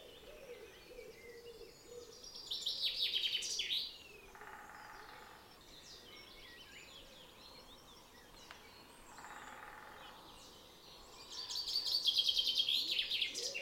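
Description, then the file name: Common chaffinch song phrase of rapid descending notes, repeated about nine seconds later, with buzzy mid-pitched bursts between phrases and soft background birdsong. "Fringilla coelebs"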